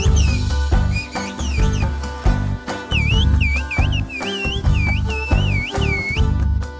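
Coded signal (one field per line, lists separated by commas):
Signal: whistled language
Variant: Turkish Kuş dili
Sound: a single high whistle swooping up and down in short phrases over background music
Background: background music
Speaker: whistled language meets the communication needs in the region [Music]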